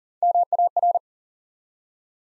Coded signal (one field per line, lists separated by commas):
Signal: Morse code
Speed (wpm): 40 wpm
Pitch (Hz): 700 Hz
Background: none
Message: MAR